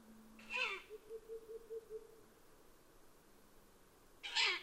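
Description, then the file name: Owl giving two rasping screeches about four seconds apart. Recorded 12 June 2011 at 00:30. "fukurou kaijyuu-20110612"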